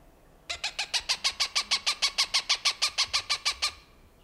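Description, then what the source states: Cooper's hawk giving a loud, evenly spaced chatter of about twenty harsh, nasal cak notes over three seconds. Recorded June 21, 1995.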